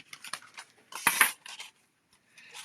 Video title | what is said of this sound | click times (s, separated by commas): One Sheet Wonder (OSW) Card Layout - 4 cards in half an hour - MCM Nov 11, 2025 | this the dyes kind of lock into place with like it locked in there. | 1.2 s